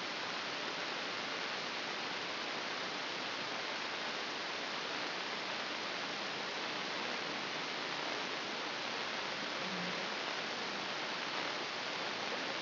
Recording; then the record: brain microelectrode recording played as sound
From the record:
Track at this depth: inside the subthalamic nucleus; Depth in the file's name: 4.916 mm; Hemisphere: left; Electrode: 2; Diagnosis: Parkinson's disease